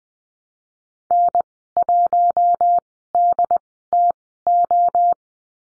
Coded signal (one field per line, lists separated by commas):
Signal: Morse code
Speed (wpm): 20 wpm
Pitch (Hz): 700 Hz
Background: none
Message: N1DTO